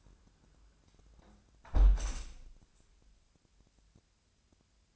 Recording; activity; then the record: daily activity, microphone in the room; close window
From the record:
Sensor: 2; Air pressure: 1000.3 hPa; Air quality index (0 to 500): 132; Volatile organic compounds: 2 ppm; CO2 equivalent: 1098 ppm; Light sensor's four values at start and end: 12/33/13/15 and 11/31/12/14